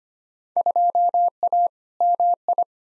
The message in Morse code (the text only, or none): 2A MI